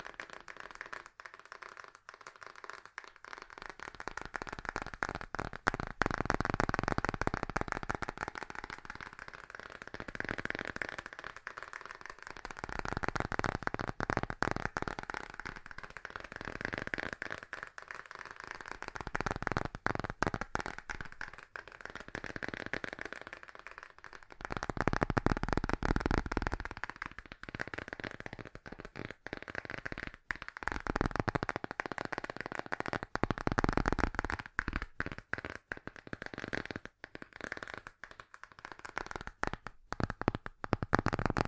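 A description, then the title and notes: Fast tapping runs continuously for the whole recording, a dense, rapid patter of small clicks, like fingertips on a surface. The sound swells and recedes in waves every few seconds, turning fuller and more resonant at each peak. ASMR Fast Tapping for The Most Tingles (No Talking).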